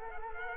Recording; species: mosquito wingbeat signal from an infrared sensor; Culex quinquefasciatus